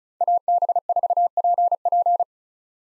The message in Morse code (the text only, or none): AB4PP